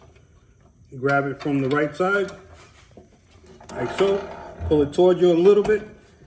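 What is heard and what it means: Someone talks while a metal battery hold-down on a Cub Cadet XT1 Enduro Series riding mower is gripped from the right side with channel locks and pulled toward them, to be worked down into the battery tray channel. A faint, brief knock sounds at about 3.0 s between phrases. Nothing has seated or clicked yet.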